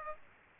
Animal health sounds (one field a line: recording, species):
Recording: mosquito wingbeat signal from an infrared sensor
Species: Aedes aegypti